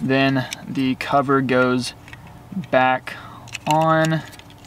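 A plastic lens cover for the interior dome/map light of a 5th Gen 4Runner SUV is handled and brought back toward its housing after an LED swap, while someone talks. A few faint, brief handling ticks follow near the end, but nothing has seated or clicked yet.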